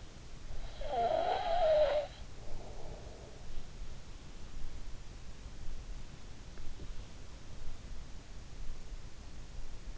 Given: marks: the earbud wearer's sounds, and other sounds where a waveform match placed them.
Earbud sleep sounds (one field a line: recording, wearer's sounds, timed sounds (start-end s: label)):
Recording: sounds in sleep by an in-ear microphone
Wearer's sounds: snoring breath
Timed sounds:
0.00-2.45 s: snoring breath